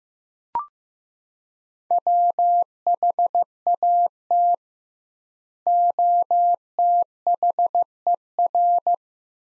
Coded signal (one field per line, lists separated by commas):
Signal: Morse code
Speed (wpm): 16 wpm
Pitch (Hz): 700 Hz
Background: none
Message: WHAT OTHER